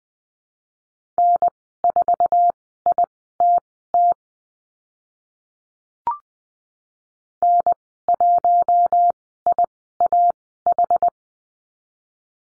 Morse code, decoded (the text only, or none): N4ITT N1IAH